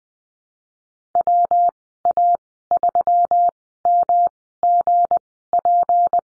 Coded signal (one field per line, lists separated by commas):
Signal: Morse code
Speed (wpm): 20 wpm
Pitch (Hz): 700 Hz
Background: none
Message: WA3MGP